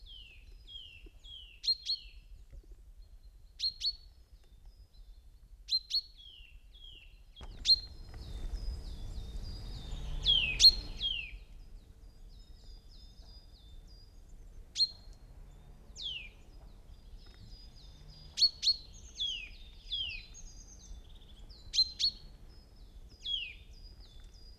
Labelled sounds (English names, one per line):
Common Chaffinch call